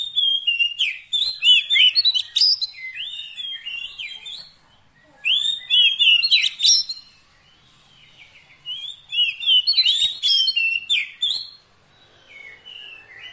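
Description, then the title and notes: Oriental magpie-robin song: busy bursts of rich whistles and sharp chirps, given in three bursts separated by pauses. Fill-in (isian) song meant to make the bird sing loudly (gacor) day and night. "Kacer Jadi Gacor Siang Malam. Isian Kacer"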